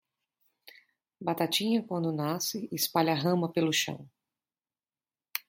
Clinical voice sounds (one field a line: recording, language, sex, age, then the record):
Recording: short text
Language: Brazilian Portuguese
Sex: female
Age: 30 to 39 years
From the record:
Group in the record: control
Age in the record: 35 years